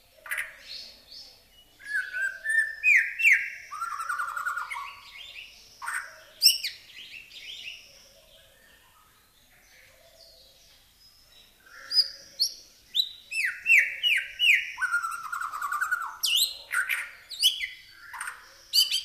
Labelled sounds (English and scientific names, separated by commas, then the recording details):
White-rumped Shama (Copsychus malabaricus) song
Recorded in captivity
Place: Zoo Berlin, Berlin, DE
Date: 1997-01-05 11:42
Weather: heiter, -11°C
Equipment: Nagra SN, Kopie Uher 4000 Report Monitor
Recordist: Tembrock, Günter